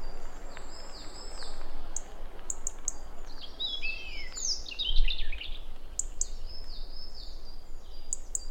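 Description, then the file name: European robin, high thin warbling phrases with quick slurred notes, punctuated by sharp clicking ticks, over a constant low background rumble. "Erithacus rubecula"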